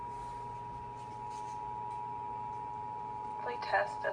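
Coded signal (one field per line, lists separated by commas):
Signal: Emergency Alert System (SAME) tones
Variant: 853 and 960 Hz attention tone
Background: speech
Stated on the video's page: Required monthly test relayed on a home setup and by a TV station via IPAWS/CAP.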